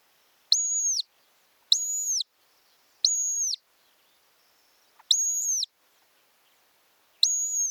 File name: montagu's harrier